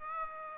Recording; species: mosquito wingbeat signal from an infrared sensor; Aedes aegypti